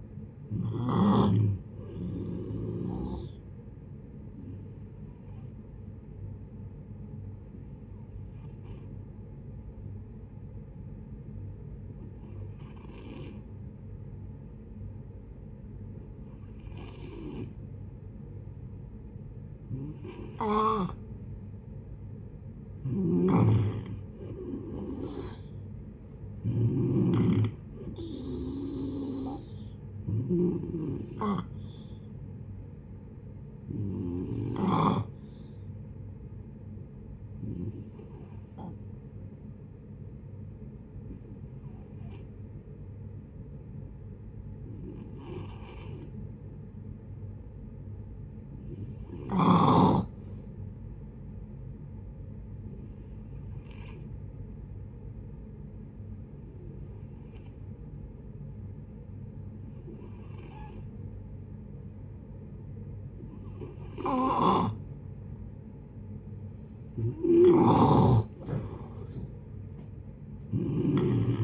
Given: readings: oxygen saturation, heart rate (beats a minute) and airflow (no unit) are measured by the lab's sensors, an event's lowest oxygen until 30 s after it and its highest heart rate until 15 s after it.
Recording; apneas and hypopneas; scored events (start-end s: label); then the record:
breathing in sleep by a smartphone at the bedside; 2
5.00-22.60 s: hypopnea (N1, oxygen 94% highest, then 89% lowest)
24.00-71.44 s: new sleep stage, N2 (light sleep)
34.00-66.30 s: hypopnea (N2, oxygen 95% highest, then 86% lowest, heart rate 68 at the start, 74 highest)
From the record:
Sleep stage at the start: N1 (lightest sleep); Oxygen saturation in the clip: 84 to 95%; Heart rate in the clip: 57 to 74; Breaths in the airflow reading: 19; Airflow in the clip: -7.7 to 9.5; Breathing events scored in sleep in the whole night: 496 in 5.4 hours asleep